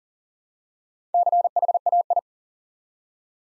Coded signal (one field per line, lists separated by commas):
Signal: Morse code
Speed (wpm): 40 wpm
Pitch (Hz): 700 Hz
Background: none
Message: CHAI